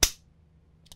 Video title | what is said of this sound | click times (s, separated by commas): HOW TO Use the Mizuno Quick Switch Adjustable Hosel | all the way until it clicks | 0.0 s